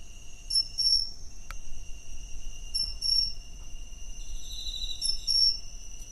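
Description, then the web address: Cricket song, a steady high ringing tone with short brighter chirp pairs recurring every two seconds or so and a brief click. "Hoerbeispiele Grillen"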